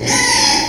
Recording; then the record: squeal of a Yucatan mini pig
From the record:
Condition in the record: before surgery on the right vocal fold (resection and tissue-engineered implant); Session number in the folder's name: 2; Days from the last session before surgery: 0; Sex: male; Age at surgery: 12 weeks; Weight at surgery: 13 kg